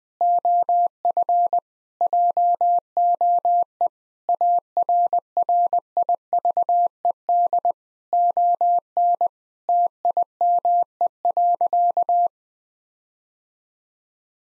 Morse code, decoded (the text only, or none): OF JOE ARRIVED ON TIME.